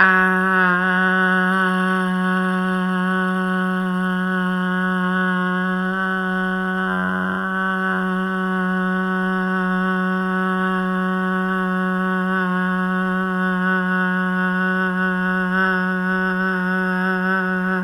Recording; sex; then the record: sustained vowel /a/; female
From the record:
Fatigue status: no fatigue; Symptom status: asymptomatic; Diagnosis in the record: COVID-19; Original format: m4a